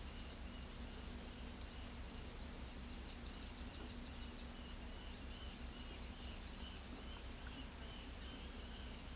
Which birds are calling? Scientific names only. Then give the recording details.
none. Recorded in pastures near Pivijay, Magdalena, Colombia, on 4 June 2023 at 17:00. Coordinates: 10.456, -74.369. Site P6-G026